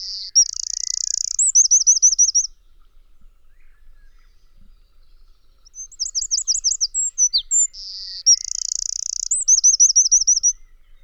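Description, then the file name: Eurasian wren song in two bursts, each a rapid high trill with a buzzy rattle, separated by a pause of about three seconds. "Troglodytes troglodytes"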